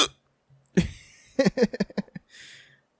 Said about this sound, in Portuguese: Voltei, e olha que ótimo, eu tô com soluço, eu levantei de repente, ai meu Deus, e agora sabe o que vocês vão fazer? Vocês vão ouvir o podcast com soluço.